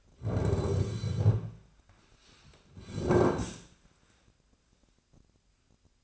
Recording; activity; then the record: daily activity, microphone in the room; sit down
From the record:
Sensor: 2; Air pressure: 1009.1 hPa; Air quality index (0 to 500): 168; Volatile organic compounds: 2 ppm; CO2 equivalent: 1233 ppm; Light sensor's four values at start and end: 37/98/41/44 and 36/96/40/43